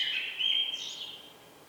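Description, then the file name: Common blackbird song fragment, a bright warbling whistle with a quick upward flourish, then fading away. "Turdus merula"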